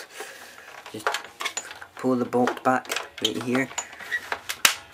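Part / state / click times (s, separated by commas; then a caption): cocking bolt catching on the sear of a spring airsoft rifle / seated / 4.6 s. Someone talks while pulling back the bolt of a plastic spring JH L85A2 SA80 airsoft rifle, with scraping and clicking handling sounds along the way. At 4.7 s a sharp, loud click is heard as the spring catches on the sear and the rifle is cocked.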